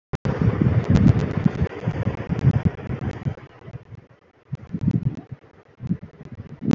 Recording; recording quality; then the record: shallow breathing; moderate, slight background noise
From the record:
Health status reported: healthy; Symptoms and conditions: none ticked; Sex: male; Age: 39 years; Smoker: not ticked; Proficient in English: yes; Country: India